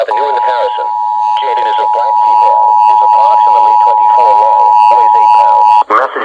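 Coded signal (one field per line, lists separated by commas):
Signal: Emergency Alert System (SAME) tones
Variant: 853 and 960 Hz attention tone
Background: speech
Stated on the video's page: Child Abduction Emergency relayed by the National Weather Service; the story was made up.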